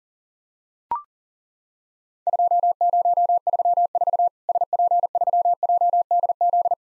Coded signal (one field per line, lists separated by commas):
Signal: Morse code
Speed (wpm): 40 wpm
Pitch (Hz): 700 Hz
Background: none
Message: 2034 SP3JDZ